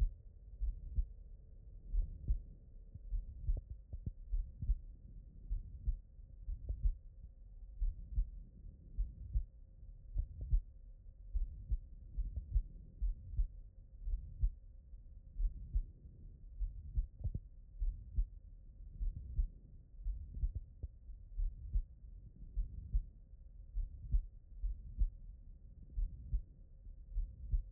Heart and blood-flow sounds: heart sounds by stethoscope; pulmonary valve (PV)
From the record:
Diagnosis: non-HFrEF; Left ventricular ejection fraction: 69%

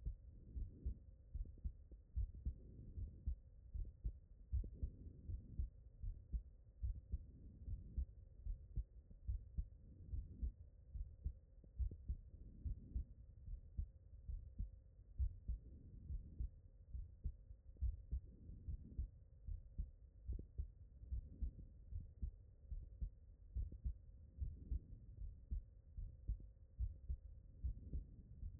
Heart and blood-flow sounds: heart sounds by stethoscope; pulmonary valve (PV)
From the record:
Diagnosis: non-HFrEF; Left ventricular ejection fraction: 65%

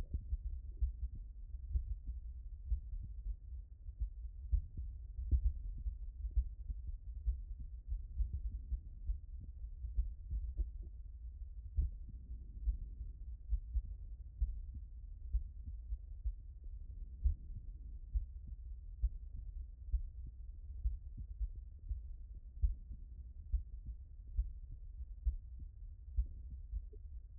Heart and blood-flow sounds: heart sounds by stethoscope; tricuspid valve (TV)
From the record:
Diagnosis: non-HFrEF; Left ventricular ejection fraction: 63%

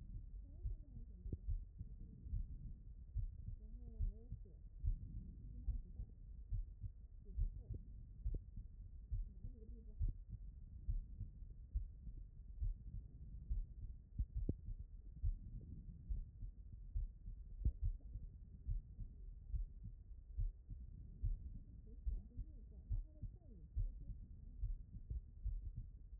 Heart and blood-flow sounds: heart sounds by stethoscope; pulmonary valve (PV)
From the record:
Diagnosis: non-HFrEF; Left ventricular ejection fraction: 57%

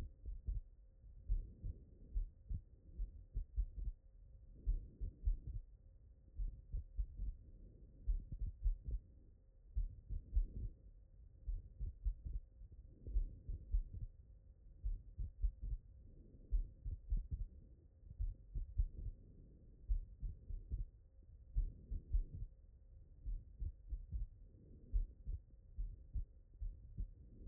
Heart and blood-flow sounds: heart sounds by stethoscope; pulmonary valve (PV)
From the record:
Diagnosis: non-HFrEF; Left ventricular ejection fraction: 75%

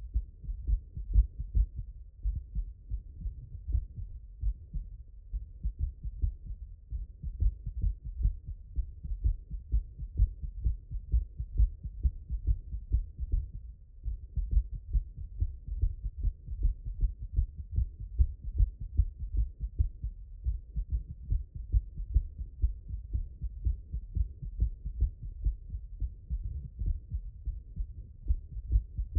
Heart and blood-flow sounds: heart sounds by stethoscope; mitral valve (MV)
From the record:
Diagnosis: non-HFrEF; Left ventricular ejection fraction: 41%

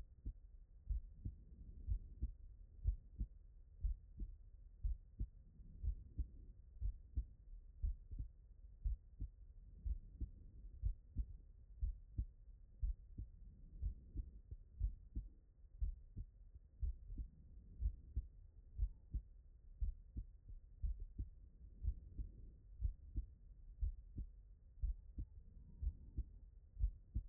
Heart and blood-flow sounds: heart sounds by stethoscope; tricuspid valve (TV)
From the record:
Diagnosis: non-HFrEF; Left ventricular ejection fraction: 60%

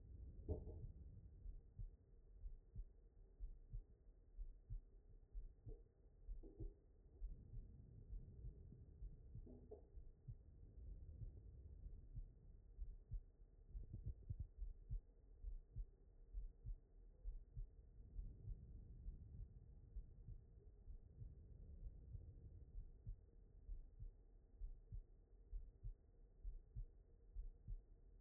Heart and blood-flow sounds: heart sounds by stethoscope; aortic valve (AV)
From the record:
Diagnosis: non-HFrEF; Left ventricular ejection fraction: 76%

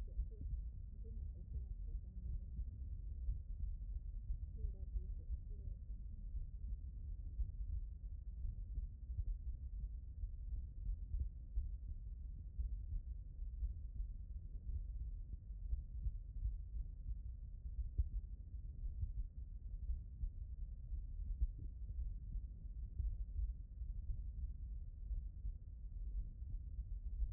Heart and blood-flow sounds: heart sounds by stethoscope; mitral valve (MV)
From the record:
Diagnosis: non-HFrEF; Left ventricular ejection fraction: 65%

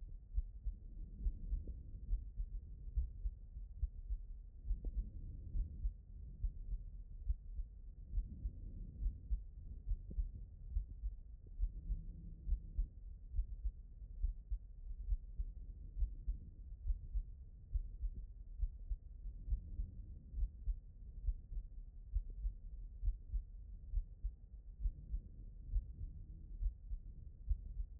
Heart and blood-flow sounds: heart sounds by stethoscope; aortic valve (AV)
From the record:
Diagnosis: non-HFrEF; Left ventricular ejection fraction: 64%

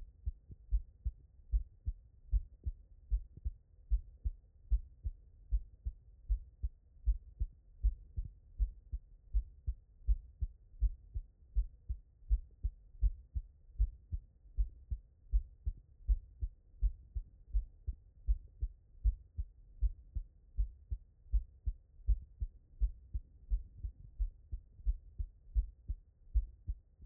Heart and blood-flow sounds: heart sounds by stethoscope; tricuspid valve (TV)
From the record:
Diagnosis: non-HFrEF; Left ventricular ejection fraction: 72%

